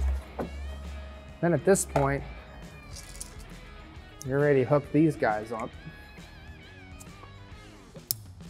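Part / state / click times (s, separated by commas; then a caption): turn signal harness connector into its mating plug / seated / 8.1 s. With music playing in the background and someone talking, a plastic turn signal harness connector is pushed together into its mating plug while wiring Morimoto XB LED sequential turn signals on a 2015-2017 Mustang. A sharp click at 8.1 s marks the connector seating.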